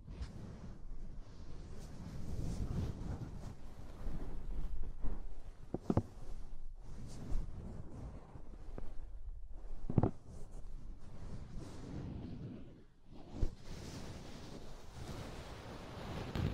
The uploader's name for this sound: Deep Ear Tingles Soft & Fluffy Triggers